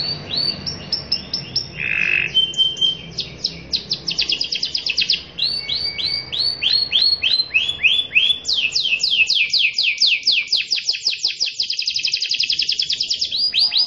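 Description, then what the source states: Canary in continuous song, a brief buzzy note near the start, then long rolling trills and rapid repeated notes delivered without pause. Long continuous singing, described as luxurious cengkok (song variations) and gacor, singing actively.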